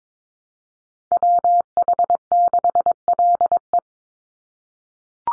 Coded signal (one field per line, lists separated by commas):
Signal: Morse code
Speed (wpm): 22 wpm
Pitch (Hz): 700 Hz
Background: none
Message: WH6LE